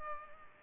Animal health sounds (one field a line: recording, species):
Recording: mosquito wingbeat signal from an infrared sensor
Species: Culex pipiens